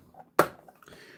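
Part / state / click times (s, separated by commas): movable brick wall section into a brick building model / seated / 0.4 s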